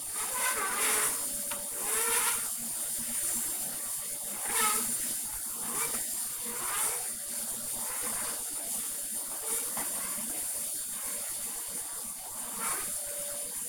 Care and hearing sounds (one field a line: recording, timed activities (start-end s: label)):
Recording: household activities, microphone on the right wrist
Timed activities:
0.00-13.69 s: vacuum cleaning